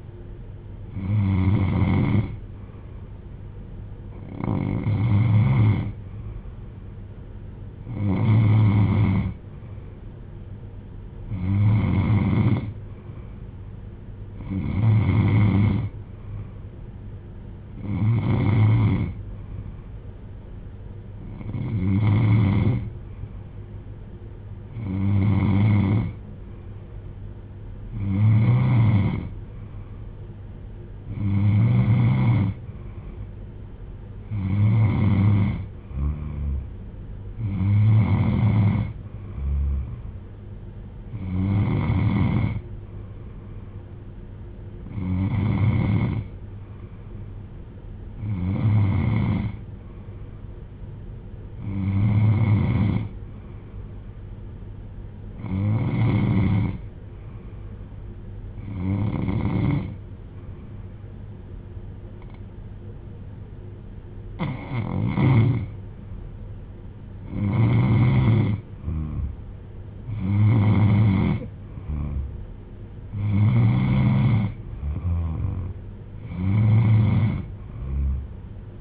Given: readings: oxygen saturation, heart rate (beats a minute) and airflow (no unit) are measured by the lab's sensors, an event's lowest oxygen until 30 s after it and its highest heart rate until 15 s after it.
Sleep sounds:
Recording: breathing in sleep by a smartphone at the bedside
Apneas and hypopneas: none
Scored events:
none scored
From the record:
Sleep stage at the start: N3 (deep sleep)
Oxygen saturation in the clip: 93 to 95%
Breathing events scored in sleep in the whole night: 310 in 8.1 hours asleep

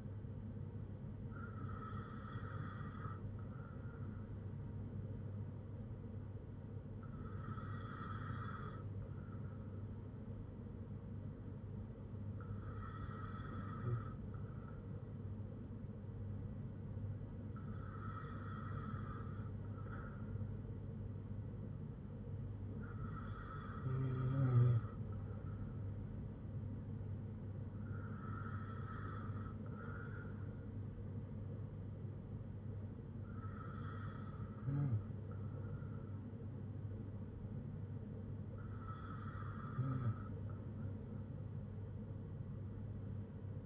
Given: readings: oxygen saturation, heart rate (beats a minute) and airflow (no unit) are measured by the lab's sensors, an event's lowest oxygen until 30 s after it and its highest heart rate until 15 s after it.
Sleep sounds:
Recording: breathing in sleep by a smartphone at the bedside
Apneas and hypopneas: none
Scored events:
none scored
From the record:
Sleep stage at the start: N2 (light sleep)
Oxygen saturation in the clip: 94 to 95%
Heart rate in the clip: 54 to 72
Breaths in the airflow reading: 8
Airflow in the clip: -4.9 to 4.0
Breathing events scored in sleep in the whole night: 182 in 7.4 hours asleep

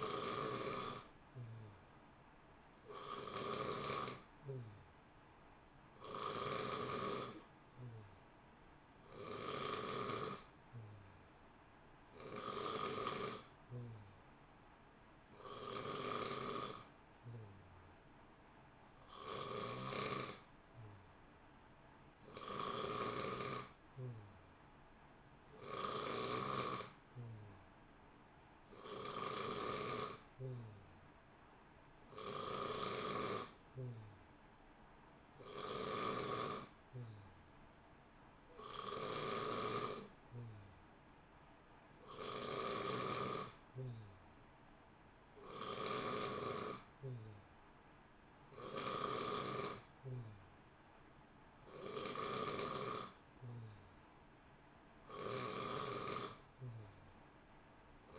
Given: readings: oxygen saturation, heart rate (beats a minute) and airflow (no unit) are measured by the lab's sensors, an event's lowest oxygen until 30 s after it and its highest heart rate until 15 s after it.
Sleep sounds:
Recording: breathing in sleep by a voice recorder at the bedside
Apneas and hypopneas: none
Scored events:
20.00-50.00 s: new sleep stage, N2 (light sleep)
50.00-58.18 s: new sleep stage, N3 (deep sleep)
From the record:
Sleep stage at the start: N3 (deep sleep)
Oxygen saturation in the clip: 90 to 91%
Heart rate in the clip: 58 to 64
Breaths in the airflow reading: 19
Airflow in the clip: -0.9 to 0.8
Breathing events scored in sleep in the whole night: 328 in 6.3 hours asleep

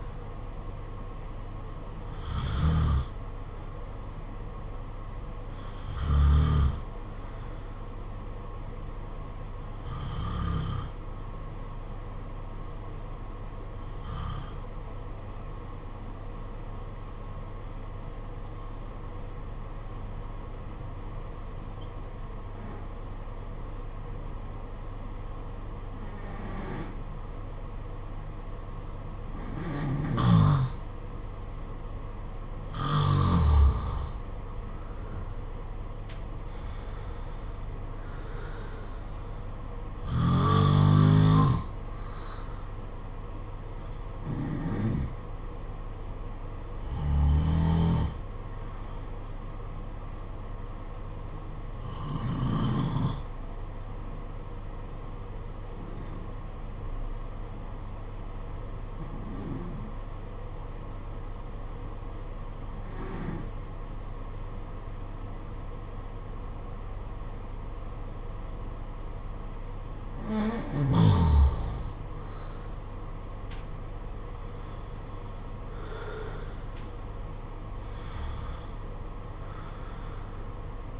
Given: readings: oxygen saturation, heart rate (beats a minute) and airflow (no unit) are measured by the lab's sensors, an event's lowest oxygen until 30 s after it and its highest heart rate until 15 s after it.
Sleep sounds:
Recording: breathing in sleep by a smartphone at the bedside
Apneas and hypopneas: 2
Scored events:
13.00-32.50 s: hypopnea (N2, oxygen 96% highest, then 88% lowest, heart rate 50 at the start, 58 highest)
53.00-71.30 s: hypopnea (N2, oxygen 94% highest, then 87% lowest, heart rate 50 at the start, 62 highest)
From the record:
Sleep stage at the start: N2 (light sleep)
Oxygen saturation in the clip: 83 to 96%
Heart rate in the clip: 50 to 62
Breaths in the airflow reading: 17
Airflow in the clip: -6.5 to 7.6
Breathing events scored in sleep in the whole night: 476 in 9.7 hours asleep

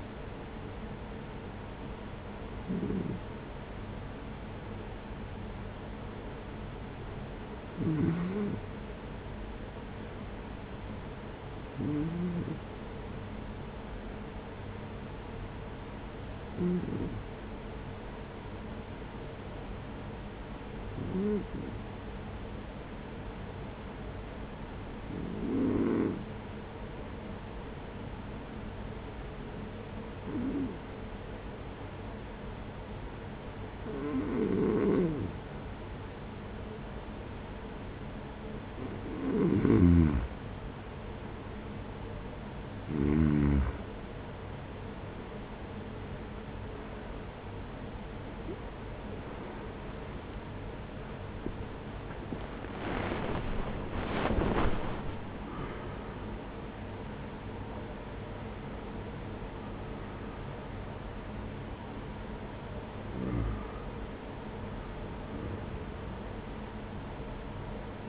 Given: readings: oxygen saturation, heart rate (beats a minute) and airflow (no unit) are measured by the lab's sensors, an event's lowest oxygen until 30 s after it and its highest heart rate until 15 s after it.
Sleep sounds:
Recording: breathing in sleep by a voice recorder at the bedside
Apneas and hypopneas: 1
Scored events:
13.00-42.40 s: hypopnea (N2, oxygen 95% highest, then 92% lowest, heart rate 45 at the start, 69 highest)
33.00-63.00 s: new sleep stage, awake
35.00-66.00 s: awake
63.00-68.09 s: new sleep stage, N1 (lightest sleep)
From the record:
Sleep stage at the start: N2 (light sleep)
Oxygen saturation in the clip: 92 to 95%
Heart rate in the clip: 44 to 79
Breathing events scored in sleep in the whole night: 210 in 6.9 hours asleep

